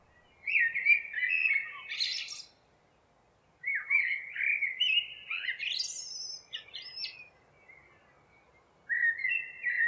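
Bird singing lively, varied phrases of chirps, slurred notes and rapid twitters, in long runs separated by brief pauses.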